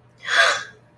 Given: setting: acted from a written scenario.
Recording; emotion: vocal sound without words; awe